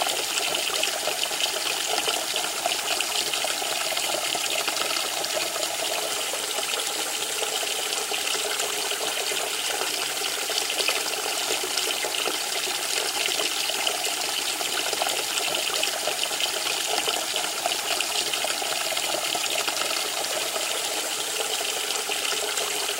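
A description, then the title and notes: Water pours steadily into a filling bathtub, a dense, even rush of bright splashing that holds constant for the whole stretch. The calming sounds of water as a bath tub is being filled. The sound of the water flowing, the gentle splashing, and the subtle hum of the faucet. No dialogue or voice. Filling the Bath Tub.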